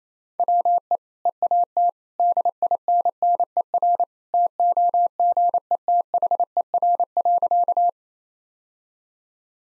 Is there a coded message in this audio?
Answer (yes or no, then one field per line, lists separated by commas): yes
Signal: Morse code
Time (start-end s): 0.4-7.9 s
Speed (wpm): 28 wpm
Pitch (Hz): 700 Hz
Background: none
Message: WE EAT DINNER TOGETHER.